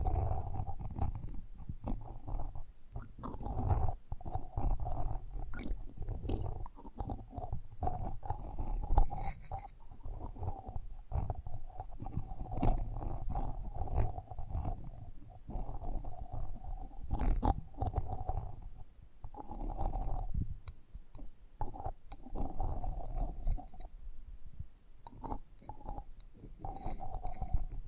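Close-up mic handling noise: continuous low rumbling and rubbing with frequent sharp clicks and scrapes scattered throughout. A faint steady tone hums in the middle range underneath, while brief crackly bursts flare up irregularly, denser around the middle and end.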